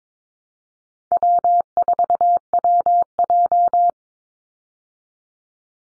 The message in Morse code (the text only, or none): W4WJ